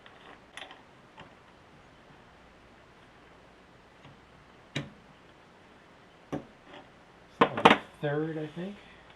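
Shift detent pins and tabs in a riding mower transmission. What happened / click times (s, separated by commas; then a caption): The shifter is being worked by hand but has not yet clicked into gear / none. The shift detent pins and tabs of a rebuilt Murray riding mower transmission are handled by hand while shifting toward third gear, producing scattered faint ticks and a few sharper metallic clacks, with the loudest burst around 7.4–7.7 seconds. Someone talks briefly near the end. The part has not gone home yet, and nothing has seated or clicked into third.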